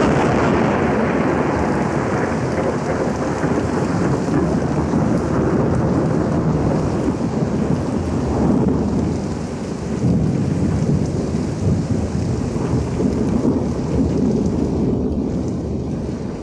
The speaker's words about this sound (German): Der Sommer kündigt sich frühzeitig mit Gewittern an. Der Sturm stürzt ein paar alte Bäume über den Wall hinab.